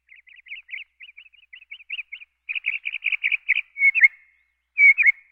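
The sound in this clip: Northern cardinal song: quick series of whistled slurred notes, grouped in rapid runs, ending with two louder, longer whistled phrases; quiet background.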